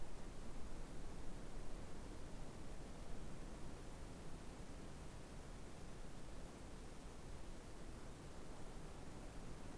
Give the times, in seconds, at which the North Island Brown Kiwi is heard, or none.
none